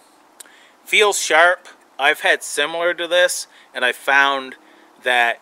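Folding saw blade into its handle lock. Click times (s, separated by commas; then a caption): 0.4 s. A dollar store folding saw blade is swung open and locks into its handle lock with a short, sharp click at 0.4 s, locking in place well. Someone talks afterward.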